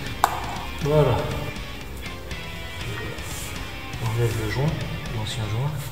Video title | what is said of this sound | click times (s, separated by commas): Husqvarna Svartpilen 401: Rinçage pré-vidange + Double vidange moteur | va placer le filtre à l'intérieur. Il faut que ça clipse. Voilà. | 0.2 s